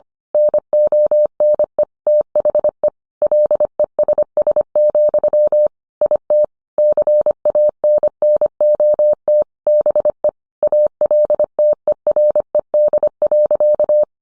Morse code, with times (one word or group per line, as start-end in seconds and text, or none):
0.3-1.8 NONE
2.1-2.9 THE
3.2-5.7 LESS,
6.0-6.4 IT
6.8-9.4 CANNOT
9.7-10.3 BE
10.6-14.0 ALTERED.